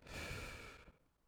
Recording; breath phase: one breath near a microphone; exhalation